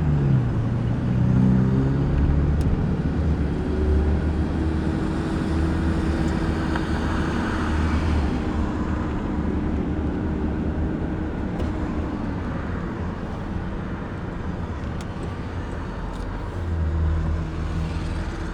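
A car drive with a steady low engine rumble and road noise, a rising then fading tone around midway, and occasional faint clicks.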